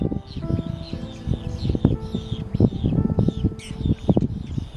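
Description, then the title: Black-headed gull calls, repeated short scratchy notes, mixed with loud irregular low knocks and thuds. Wetland at Futou Lake. "斧头湖随拍：红嘴鸥的歌舞"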